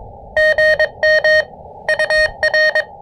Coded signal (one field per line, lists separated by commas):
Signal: Morse code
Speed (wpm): 23 wpm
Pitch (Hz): 590 Hz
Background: none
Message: GM UR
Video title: Fort Macon State Park: High band, low-impact QRP POTA Activation!